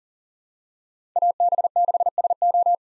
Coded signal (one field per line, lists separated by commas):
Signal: Morse code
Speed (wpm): 40 wpm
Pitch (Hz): 700 Hz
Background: none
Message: AB6SO